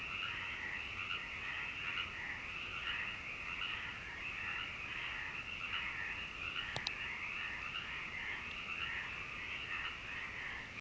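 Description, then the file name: Frogs croaking together in a steady, unbroken chorus; a sharp double click cuts in briefly near the middle. "me froggies"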